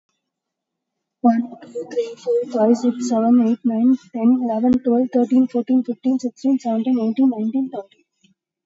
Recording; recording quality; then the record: counting at a normal pace; excellent, no background noise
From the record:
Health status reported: COVID-19 positive, mild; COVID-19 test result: positive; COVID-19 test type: RT-PCR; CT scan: taken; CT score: 8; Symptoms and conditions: cough, sore throat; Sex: female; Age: 30 years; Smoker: no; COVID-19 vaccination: both doses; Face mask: worn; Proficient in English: yes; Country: India